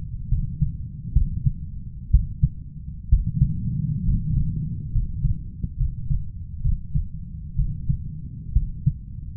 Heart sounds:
heart sounds by stethoscope; 66 bpm
0.28 s: heartbeat
1.13 s: heartbeat
2.10 s: heartbeat
3.09 s: heartbeat
4.04 s: heartbeat
4.91 s: heartbeat
5.77 s: heartbeat
6.61 s: heartbeat
7.55 s: heartbeat
8.52 s: heartbeat
From the record:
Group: healthy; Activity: rest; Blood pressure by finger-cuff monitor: 134/79 mmHg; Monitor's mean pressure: 95 mmHg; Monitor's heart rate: 69 bpm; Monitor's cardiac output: 7.4 L/min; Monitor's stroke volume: 109 mL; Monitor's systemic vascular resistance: 910 dyn s/cm5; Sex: male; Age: 23 years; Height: 178 cm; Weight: 96.6 kg

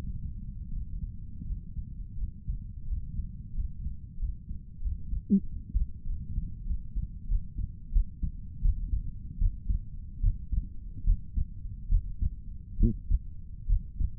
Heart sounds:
heart sounds by stethoscope; 83 bpm
0.71 s: heartbeat
1.46 s: heartbeat
2.17 s: heartbeat
2.86 s: heartbeat
3.54 s: heartbeat
4.18 s: heartbeat
4.81 s: heartbeat
5.44 s: heartbeat
6.05 s: heartbeat
6.66 s: heartbeat
7.28 s: heartbeat
7.92 s: heartbeat
8.62 s: heartbeat
9.38 s: heartbeat
10.21 s: heartbeat
11.05 s: heartbeat
11.89 s: heartbeat
12.78 s: heartbeat
13.67 s: heartbeat
From the record:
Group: healthy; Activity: Valsalva maneuver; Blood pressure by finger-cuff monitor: 84/64 mmHg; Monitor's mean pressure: 76 mmHg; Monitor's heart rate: 84 bpm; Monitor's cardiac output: 5.6 L/min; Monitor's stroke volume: 67 mL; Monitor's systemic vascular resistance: 990 dyn s/cm5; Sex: female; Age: 22 years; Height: 163 cm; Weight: 67.1 kg

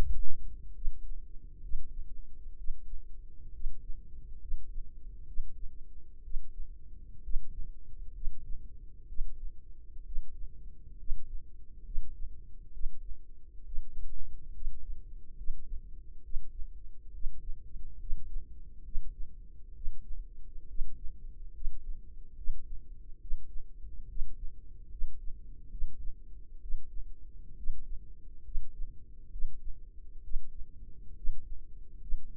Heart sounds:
heart sounds by microphone in the left ear; 67 bpm
0.74 s: heartbeat
1.61 s: heartbeat
2.56 s: heartbeat
3.52 s: heartbeat
4.40 s: heartbeat
5.26 s: heartbeat
6.23 s: heartbeat
7.22 s: heartbeat
8.13 s: heartbeat
9.07 s: heartbeat
10.04 s: heartbeat
10.98 s: heartbeat
11.84 s: heartbeat
12.72 s: heartbeat
13.64 s: heartbeat
14.53 s: heartbeat
15.36 s: heartbeat
16.23 s: heartbeat
17.12 s: heartbeat
17.99 s: heartbeat
18.83 s: heartbeat
19.74 s: heartbeat
20.67 s: heartbeat
21.53 s: heartbeat
22.36 s: heartbeat
23.20 s: heartbeat
24.08 s: heartbeat
24.90 s: heartbeat
25.70 s: heartbeat
26.61 s: heartbeat
27.56 s: heartbeat
28.43 s: heartbeat
29.31 s: heartbeat
30.22 s: heartbeat
31.15 s: heartbeat
32.00 s: heartbeat
From the record:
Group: healthy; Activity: rest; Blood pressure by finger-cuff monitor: 100/65 mmHg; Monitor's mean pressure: 75 mmHg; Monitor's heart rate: 68 bpm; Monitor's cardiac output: 5.1 L/min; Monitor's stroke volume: 75 mL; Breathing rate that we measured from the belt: 18 breaths a minute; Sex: female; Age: 36 years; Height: 163 cm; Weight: 88 kg

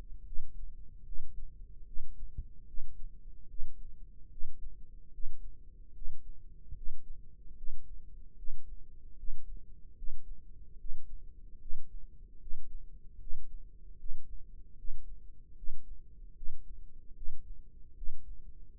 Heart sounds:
heart sounds by microphone in the left ear; 75 bpm
0.26 s: heartbeat
1.05 s: heartbeat
1.86 s: heartbeat
2.67 s: heartbeat
3.48 s: heartbeat
4.30 s: heartbeat
5.12 s: heartbeat
5.94 s: heartbeat
6.75 s: heartbeat
7.56 s: heartbeat
8.36 s: heartbeat
9.17 s: heartbeat
9.96 s: heartbeat
10.78 s: heartbeat
11.59 s: heartbeat
12.39 s: heartbeat
13.19 s: heartbeat
13.98 s: heartbeat
14.77 s: heartbeat
15.56 s: heartbeat
16.35 s: heartbeat
17.15 s: heartbeat
17.95 s: heartbeat
18.77 s: heartbeat
From the record:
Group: healthy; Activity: breath hold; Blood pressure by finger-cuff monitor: 130/80 mmHg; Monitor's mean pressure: 94 mmHg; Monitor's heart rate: 74 bpm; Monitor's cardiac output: 5.6 L/min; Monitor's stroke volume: 76 mL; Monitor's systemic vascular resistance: 1210 dyn s/cm5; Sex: female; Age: 37 years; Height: 168 cm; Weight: 70 kg

